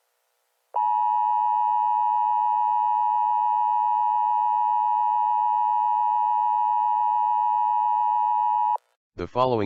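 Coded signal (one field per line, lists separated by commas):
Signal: Emergency Alert System (SAME) tones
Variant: 853 and 960 Hz attention tone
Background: speech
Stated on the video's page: Fictional EAS scenario, not a real alert.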